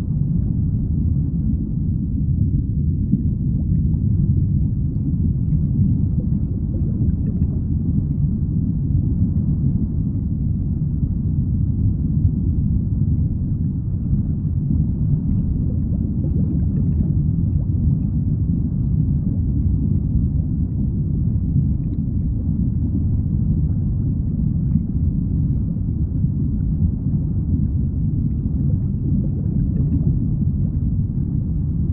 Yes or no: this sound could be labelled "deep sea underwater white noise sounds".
yes